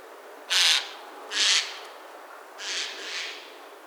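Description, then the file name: Eurasian jay giving harsh, rasping screeches, two loud ones followed by two softer, each lasting about a quarter second, over a steady background hiss. "Garrulus glandarius"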